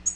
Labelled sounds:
Tennessee Warbler flight call

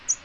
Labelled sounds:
American Redstart flight call

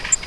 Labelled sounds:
Grace's Warbler flight call

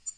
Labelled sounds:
Black-throated Green Warbler flight call

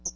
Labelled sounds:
Hooded Warbler flight call

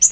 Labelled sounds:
Yellow-rumped Warbler flight call

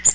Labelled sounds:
Blue-winged Warbler flight call

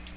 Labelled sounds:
Magnolia Warbler flight call

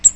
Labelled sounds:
Cape May Warbler flight call

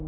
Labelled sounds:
Virginia's Warbler flight call

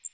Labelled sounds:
Magnolia Warbler flight call

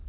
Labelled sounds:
Townsend's Warbler flight call

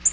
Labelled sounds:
Black-throated Green Warbler flight call

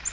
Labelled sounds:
Nashville Warbler flight call

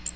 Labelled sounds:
Magnolia Warbler flight call

